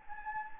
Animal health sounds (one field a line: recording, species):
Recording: mosquito wingbeat signal from an infrared sensor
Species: Anopheles gambiae